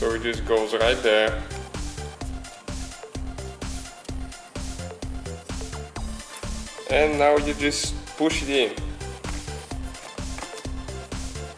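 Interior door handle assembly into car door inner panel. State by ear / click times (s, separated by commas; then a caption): not seated / none. A replacement plastic interior door handle assembly for a Mercedes W203 C-Class is being handled at its mounting in the inner car door panel while someone talks over steady background music with a rhythmic beat. Nothing has seated or clicked yet; the clip ends just before the handle is pushed home.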